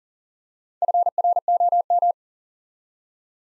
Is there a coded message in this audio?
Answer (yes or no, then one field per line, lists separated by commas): yes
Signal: Morse code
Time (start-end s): 0.8-2.1 s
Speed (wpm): 38 wpm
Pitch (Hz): 700 Hz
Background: none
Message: FROM